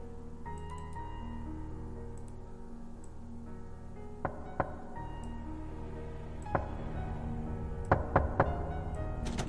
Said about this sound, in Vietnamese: Sau đó, cái tiếng gõ cửa vang lên, có tiếng người đi lại lọc cả lọc cọc ở bên ngoài hè.